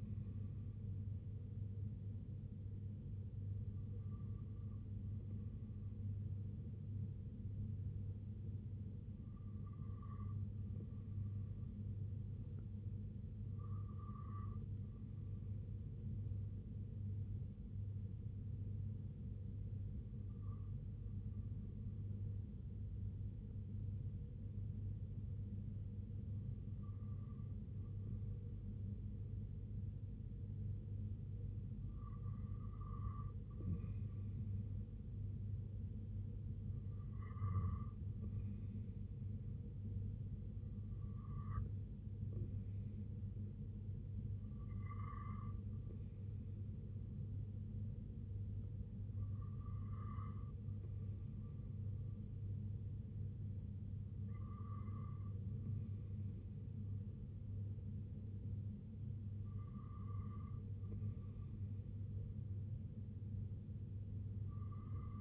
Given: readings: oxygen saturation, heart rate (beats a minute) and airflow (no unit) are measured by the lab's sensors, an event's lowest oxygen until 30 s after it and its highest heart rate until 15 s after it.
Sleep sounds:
breathing in sleep by a smartphone at the bedside; 1
14.00-33.50 s: hypopnea (N1, oxygen 96% highest, then 93% lowest, heart rate 73 at the start, 73 highest)
From the record:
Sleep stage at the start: N1 (lightest sleep); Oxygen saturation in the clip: 93 to 96%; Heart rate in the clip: 63 to 74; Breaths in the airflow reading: 13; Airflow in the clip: -4.9 to 2.4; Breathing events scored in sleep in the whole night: 258 in 7.4 hours asleep

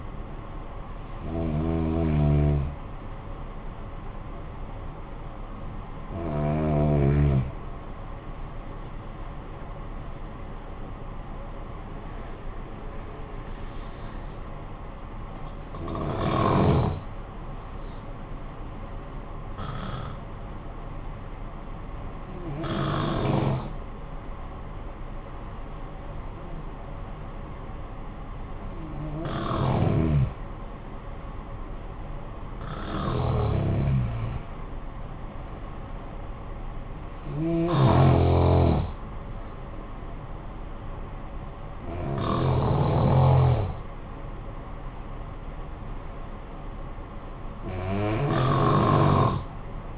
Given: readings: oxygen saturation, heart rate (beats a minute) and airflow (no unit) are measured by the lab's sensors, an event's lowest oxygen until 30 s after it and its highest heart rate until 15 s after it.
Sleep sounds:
breathing in sleep by a smartphone at the bedside; 1
16.00-30.90 s: hypopnea (N1, oxygen 97% highest, then 91% lowest, heart rate 51 at the start, 65 highest)
From the record:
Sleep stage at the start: N1 (lightest sleep); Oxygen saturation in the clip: 89 to 97%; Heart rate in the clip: 51 to 73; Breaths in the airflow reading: 11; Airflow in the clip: -13.5 to 13.9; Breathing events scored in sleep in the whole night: 445 in 7.6 hours asleep

